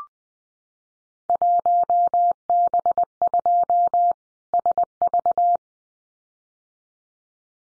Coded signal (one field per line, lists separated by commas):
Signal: Morse code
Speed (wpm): 20 wpm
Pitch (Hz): 700 Hz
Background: none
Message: 1B2 SV